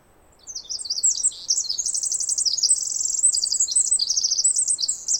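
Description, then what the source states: Pacific wren song, a long, loud, rapid cascade of high tinkling trills and buzzy warbles that starts after a brief quiet and runs almost without pause to the end. Very loud bird singing in the morning after a dawn chorus, 11-13 May 2018, Snider Jackson/Rugged Ridge trail.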